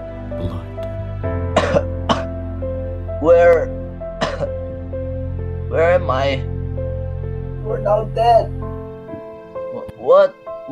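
Series of about eight harsh, acted coughs and throat clearings over a steady low hum, performed by an adult patient character in a student skit about air pollution. The cough sounds a few weeks old, with blood coughed up, in a character with symptoms of lung cancer and possibly chronic bronchitis.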